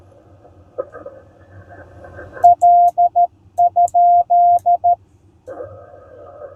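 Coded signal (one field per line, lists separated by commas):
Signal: Morse code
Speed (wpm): 14 wpm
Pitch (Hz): 700 Hz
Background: none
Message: L?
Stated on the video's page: CW POTA activation from a state park with IC-703+, homebrew EFHW antenna and 3-D printed key, calling CQ.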